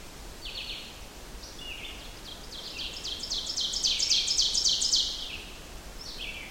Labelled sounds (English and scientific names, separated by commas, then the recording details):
Ovenbird (Seiurus aurocapilla) song
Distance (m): 20 m
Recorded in boreal forest in Alberta, Canada, on 14 June 2016 at 07:23
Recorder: SongMeter 3, array SBT-3-33
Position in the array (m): 100 m, 137 m
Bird 21